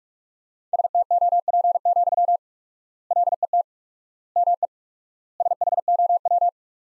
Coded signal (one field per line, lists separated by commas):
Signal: Morse code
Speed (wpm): 46 wpm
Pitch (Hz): 700 Hz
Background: none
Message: STOP, LET ME SHOW